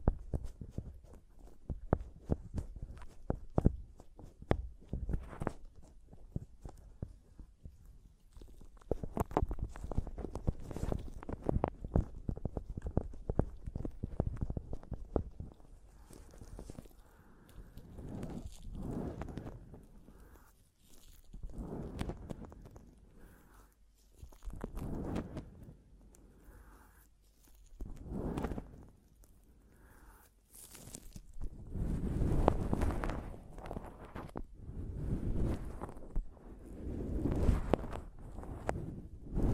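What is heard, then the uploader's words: Mic tapping and scratching: for the first fifteen seconds, quick dry taps come in dense, uneven bursts. After that, slower scratching and rubbing strokes swell and fade every few seconds, with deep thumpy rumbles and a faint hiss on top. ASMR Mic Tapping and Scratching (No Talking).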